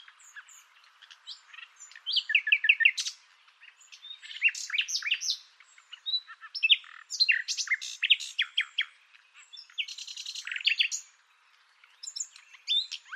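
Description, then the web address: Bird song, a long jumbled warble of squeaky chirps, slurs and short trills delivered in bursts with brief pauses. "Deverinetal 2025 File origin Bird Only"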